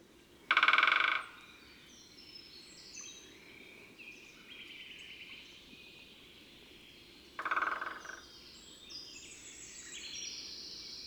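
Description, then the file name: Great spotted woodpecker drumming: two short rapid rolls about seven seconds apart, the second a little weaker, over faint high chirping from other birds. Two birds answering each other; Saint-Laurent-les-Bains, Ardèche, France. "Deux-pics-epeiches-se-repondent-Saint-Laurent-les-Bains-Ambiances-Sonores-d Ardeche-Studio-Les-Trois-Becs"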